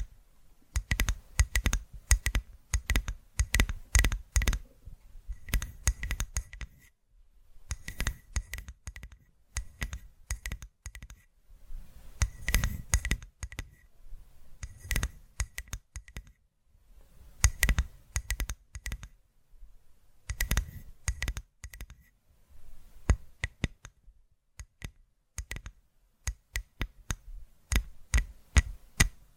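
ASMR tapping made of sharp, clicky taps in quick bursts and runs, some with a faint high ringing tone behind them. Clusters of rapid taps alternate with brief pauses throughout, with denser runs around the middle and near the end, and nothing else in the background.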